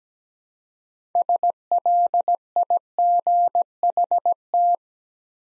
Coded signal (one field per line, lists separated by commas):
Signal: Morse code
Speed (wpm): 17 wpm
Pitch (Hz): 700 Hz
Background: none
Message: SLIGHT